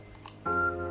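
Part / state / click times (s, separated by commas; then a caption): battery in a compact camera's battery/memory card compartment / seated / 0.3 s. A part, likely the battery, is pushed into the battery and memory card compartment of a Canon G7X Mark II compact camera, and a sharp click at 0.3 seconds shows it locking in place. A steady harmonic tone then begins at about 0.45 seconds and continues to the end.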